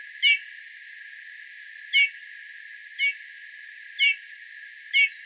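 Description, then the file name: Eurasian bullfinch giving soft, short piping calls, each a brief downslurred whistle, five times at intervals of one to two seconds over faint background hiss. "Pyrrhula pyrrhula"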